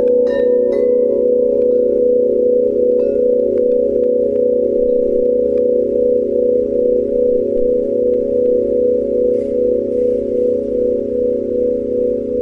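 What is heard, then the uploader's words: A Tibetan singing bowl drone hums steadily throughout, a thick, sustained low-mid tone with a slow pulsing shimmer. Over it, small bell-like chimes and soft tinkling strikes appear now and then, brightest near the start and again around ten seconds, while the overall level stays even. Tibetan Bowls & 30hz Brain Waves. High frequencies using binaural beats and background music.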